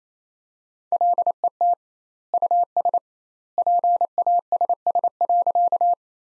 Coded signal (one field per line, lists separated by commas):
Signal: Morse code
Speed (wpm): 28 wpm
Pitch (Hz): 700 Hz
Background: none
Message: LET US PASS.